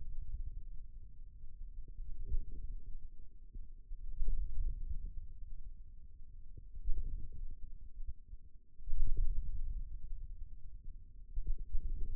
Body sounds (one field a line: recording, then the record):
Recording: forearm muscle sounds (acoustic myography)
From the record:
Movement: wrist flexion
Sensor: system 2, bracelet of six BSWA MPA416 microphones around the upper forearm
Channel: 3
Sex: male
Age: 22 years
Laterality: right